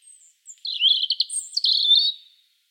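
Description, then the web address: European robin singing one brief phrase: a high thin note, then rippling warbled notes and a slurred whistled finish. "SETE Erithacus rubecula"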